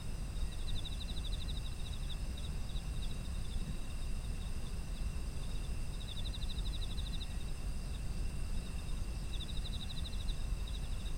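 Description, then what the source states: Insects chirping in rapid trilled phrases, repeated several times, over an unbroken shrill whine and low ambient rumble. Autumn insects, ambient environmental sound.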